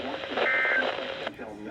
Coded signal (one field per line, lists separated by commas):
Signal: Emergency Alert System (SAME) tones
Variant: end-of-message bursts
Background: speech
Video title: EAS Alerts From 7/10/24 (EAS #2753-2785)